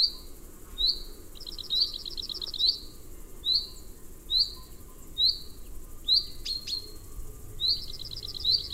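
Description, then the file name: Common chaffinch calls: short, sharp notes repeated about once a second, with brief buzzy rattling bursts in between. "Fringilla coelebs"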